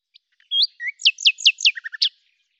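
Common nightingale song phrase: a rising whistle, then a string of loud swooping notes, three quick low chirps and a final swooping note.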